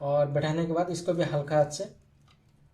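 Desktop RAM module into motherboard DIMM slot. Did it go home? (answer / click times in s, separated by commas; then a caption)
no / none. A desktop RAM module is lined up by its notch with a motherboard DIMM slot and set in place, about to be pressed down lightly by hand. A man talks through most of the clip. Only a faint tick follows near 2.3 s, and nothing has seated or clicked yet.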